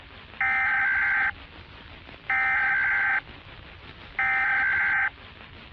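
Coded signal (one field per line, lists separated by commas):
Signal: Emergency Alert System (SAME) tones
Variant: header bursts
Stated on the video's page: Fictional zombie outbreak EAS scenario, analog horror, possibly containing valid tones.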